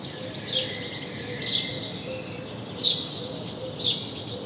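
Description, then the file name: House sparrow calls, four loud chirps about a second apart, with faint low tones underneath. "Passer domesticus"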